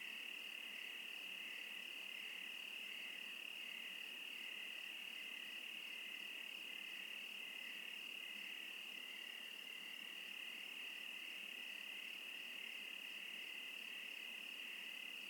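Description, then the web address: Crickets trilling in a steady, continuous high-pitched chorus, pulsing rapidly and evenly throughout, with no other clear sounds. Wild crickets in the Oregon wilderness, United States. "Discover Oregon - Wilderness Crickets Crickets - Crickets Interlude"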